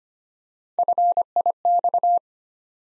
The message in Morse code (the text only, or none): FIX